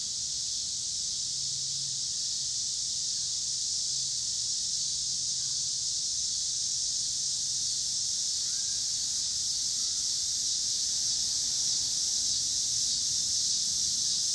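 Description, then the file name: Cicada chorus, continuous shrill buzz sustained throughout without pause, with a soft low hum of passing traffic underneath. Several cicadas recorded in Pittsburgh, Pennsylvania, on 26 August 2023, with passing cars. "cicadas and cars Pittsburgh PA"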